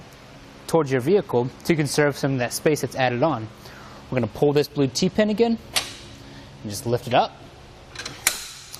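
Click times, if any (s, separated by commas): 8.3 s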